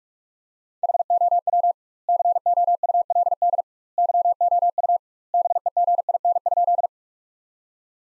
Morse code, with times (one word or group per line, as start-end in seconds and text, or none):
0.8-1.7 HOW
2.1-3.6 COULD
4.0-5.0 YOU
5.3-6.9 BEGIN?